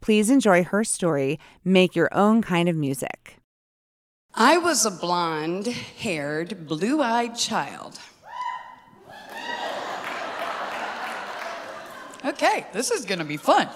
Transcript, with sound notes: Please enjoy her story, "Make Your Own Kind of Music."
I was a blond haired blue eyed child. (Audience whoop) Okay, this is gonna be fun.